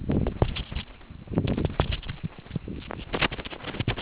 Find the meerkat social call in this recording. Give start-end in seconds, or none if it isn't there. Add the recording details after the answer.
none. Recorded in the Kuruman River Reserve, South Africa. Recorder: an audio tag on a meerkat's collar